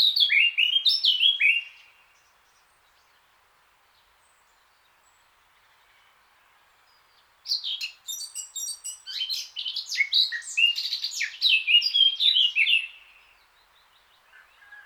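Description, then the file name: Eurasian blackcap singing a short warbled phrase, then after a pause a longer run of quick, jumbled, varied notes. "Sylvia atricapilla"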